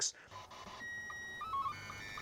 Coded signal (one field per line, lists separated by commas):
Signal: SSTV (slow-scan television)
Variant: Scottie 2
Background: speech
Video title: Checking Out The HackRF Portapack - A Portable All-In-One Software-Defined Radio